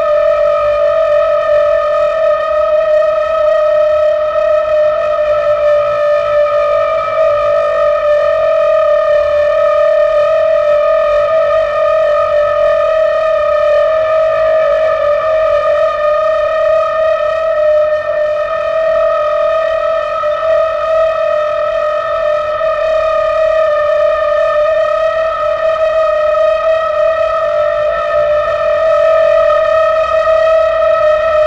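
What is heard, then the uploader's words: A railroad switch gas jet sounds a steady, flute-like tone that holds a single mid-pitched note for the whole half minute, with a ladder of fainter bright overtones above it. The pitch wavers slightly, and a low rumbling hiss sits underneath. The Extraordinary Sound of the Railroad Switch Gas-jet Flute. Switch de-icing mechanism on the railroad tracks between King Street and Woodmont Road in Northampton, MA, recorded Winter 1998-99 by Dan Bodah.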